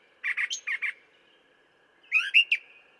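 Brown thrasher: two pairs of rough chipping notes, then after a short silence a slurred, rising and falling phrase.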